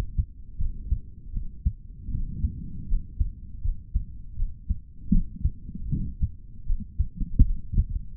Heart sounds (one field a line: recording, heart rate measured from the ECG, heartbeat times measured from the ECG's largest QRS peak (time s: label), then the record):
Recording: heart sounds by stethoscope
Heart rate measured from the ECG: 79 bpm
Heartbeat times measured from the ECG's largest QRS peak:
0.57 s: heartbeat
1.32 s: heartbeat
2.10 s: heartbeat
2.87 s: heartbeat
3.61 s: heartbeat
4.36 s: heartbeat
5.10 s: heartbeat
5.87 s: heartbeat
6.65 s: heartbeat
7.44 s: heartbeat
From the record:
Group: healthy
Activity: rest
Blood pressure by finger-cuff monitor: 93/56 mmHg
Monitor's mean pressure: 70 mmHg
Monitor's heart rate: 78 bpm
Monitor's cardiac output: 4.6 L/min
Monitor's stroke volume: 59 mL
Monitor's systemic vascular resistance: 1100 dyn s/cm5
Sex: male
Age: 55 years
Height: 167 cm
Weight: 57.2 kg